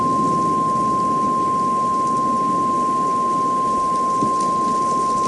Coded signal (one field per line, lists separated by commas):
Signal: Emergency Alert System (SAME) tones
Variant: 1050 Hz attention tone